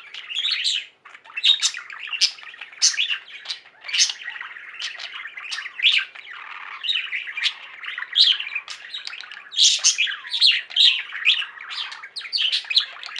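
Budgerigar chatter, a steady stream of buzzy warbles and sharp chirps running almost without pause, with frequent louder squeaks.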